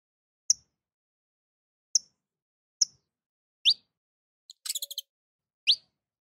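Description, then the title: Domestic canary calls: single sharp high notes repeated irregularly about once a second, some sliding downward, with one short burst of rapid buzzy chirps. Portuguese canary breed. "Kenari Portugis"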